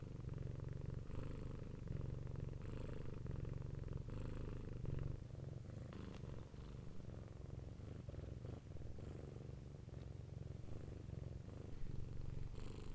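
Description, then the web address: Cat giving a continuous low purr with a rhythmic buzzing pulse, occasional soft breathy hisses and a few small knocks. "Khaganat-games stock sound library animals cats lrocio cat-purring"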